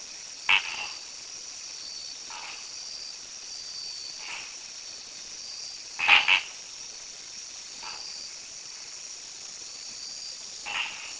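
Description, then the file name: Loquacious treefrog calls: short, nasal, honking notes spaced a few seconds apart, with a louder double note midway, over a steady high hiss. "Tlalocohyla loquax"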